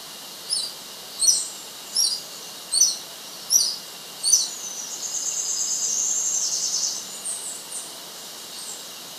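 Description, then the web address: Streak-necked flycatcher calls: six thin, very high, sharp notes spaced under a second apart, then a fine high trill and fainter notes over steady background hiss. Recorded in Ecuador. "Birds of Ecuador Streak-necked Flycatcher"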